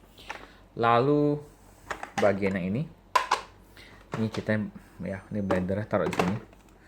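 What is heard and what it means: A plastic blender jar is handled at the blender outlet of a Kenwood KM280 stand mixer while someone talks, with short knocks and taps of handling, the sharpest near 3.2 s. Nothing has seated or clicked yet; the clip ends just before the jar locks onto the base.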